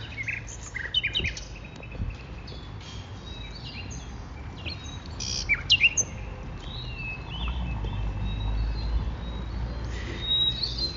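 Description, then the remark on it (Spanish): Assorted bird calls at night: repeated high chirps and short whistled notes come and go over a steady low hum, with scattered faint insect-like ticks and no voices. “Ahora, en contraste, estamos escuchando una compilación de pájaros nocturnos.”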